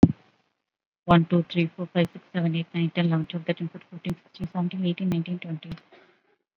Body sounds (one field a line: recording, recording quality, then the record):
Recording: counting at a fast pace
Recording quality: excellent, no background noise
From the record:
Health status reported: COVID-19 positive, mild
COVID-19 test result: positive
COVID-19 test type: RT-PCR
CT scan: not taken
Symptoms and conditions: hypertension, diabetes, another condition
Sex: female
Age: 44 years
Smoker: no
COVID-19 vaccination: none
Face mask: worn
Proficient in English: yes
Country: India